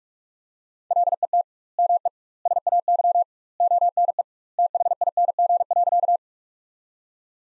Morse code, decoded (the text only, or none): LET ME SAY ONE THING.